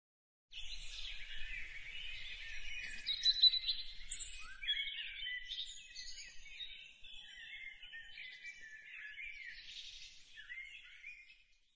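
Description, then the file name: Bird singing a jumble of twitters and warbled phrases over faint low background noise. "vogel"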